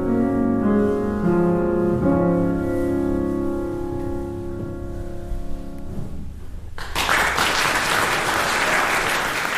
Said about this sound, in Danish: Nå ja, og så må man også gerne klappe til sidst i gudstjenesten i Høst og Køb.